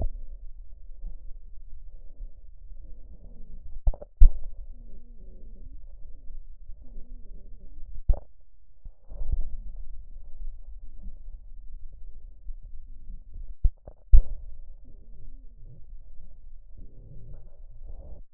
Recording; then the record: lung sounds by stethoscope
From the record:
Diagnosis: emphysema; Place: left posterior upper chest